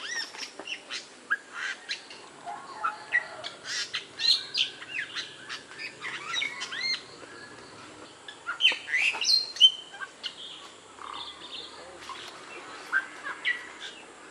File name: jalak bali